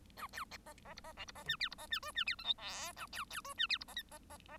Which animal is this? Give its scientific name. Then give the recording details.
Lonchura striata domestica. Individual Bird1